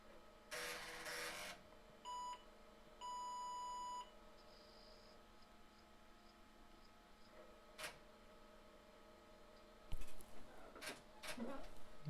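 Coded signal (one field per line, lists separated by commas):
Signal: beep code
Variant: IBM PS/2 BIOS extension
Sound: whoosh of noise, a short beep, then a one-second beep, later mechanical clicks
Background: drive clicks, fan noise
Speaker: and now we'll get that big long beat with this system too once that kingston data card is set up in the uh with its bios extension okay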